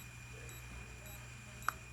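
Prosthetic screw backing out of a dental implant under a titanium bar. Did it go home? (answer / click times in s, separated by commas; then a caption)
released / 1.7 s. A motorized implant driver runs in reverse at 60 RPM on a prosthetic screw that holds a titanium bar over a dental implant, while it is pressed down, over a steady low hum and faint high tones. A single sharp click at 1.7 s signals that the screw threads have fully backed out, and the screw is released.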